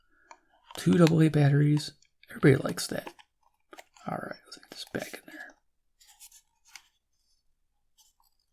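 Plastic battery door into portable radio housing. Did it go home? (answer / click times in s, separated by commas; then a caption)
yes / 6.8 s. After two AA batteries are loaded into a Rysamton YK-M03 AM FM shortwave radio, its plastic battery compartment cover is slid back onto the radio housing while someone talks. A small click is heard at 6.8 s. The cover goes in easily without a hard click but stays shut and won't open, so it is seated.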